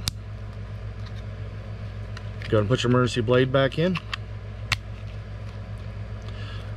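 The plastic case halves of a 2020 Dodge Ram 1500 pickup's 4-button smart key fob, with the coin battery fitted, are squeezed together and snap closed with a sharp click at 0.1 s. Someone then talks over a low steady hum, with another brief tap near 4.7 s.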